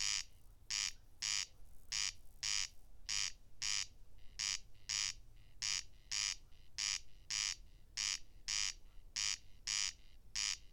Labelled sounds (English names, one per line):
Corn Crake song